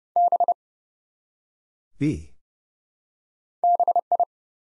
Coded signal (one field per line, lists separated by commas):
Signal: Morse code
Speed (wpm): 30 wpm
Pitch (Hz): 700 Hz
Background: none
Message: B BI